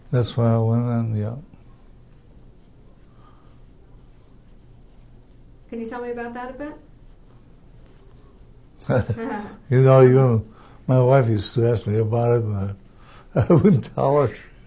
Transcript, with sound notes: That's when I went in the army.
Can you tell me about that a bit?
(he laughs) You know you -- my wife used to ask me about it and I - I wouldn't tell her.